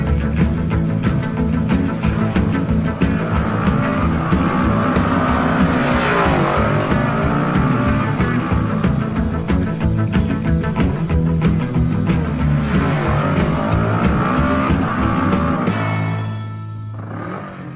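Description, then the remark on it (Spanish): A motorbike engine roars steadily and loudly, its pitch climbing and dipping in a couple of revving sweeps before dropping to a low, rumbling idle at the end. “Como tira a esa moto”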